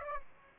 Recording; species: mosquito wingbeat signal from an infrared sensor; Aedes aegypti